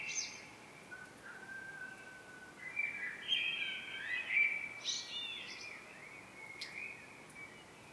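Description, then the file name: Common blackbird singing, a low mellow whistled phrase leading into a tangle of fluty notes and brief high twittering flourishes over constant background noise. "Turdus merula"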